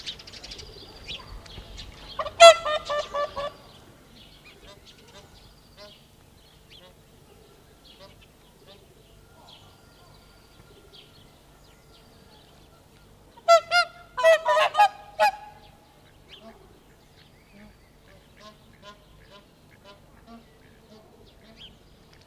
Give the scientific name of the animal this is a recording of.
Cygnus cygnus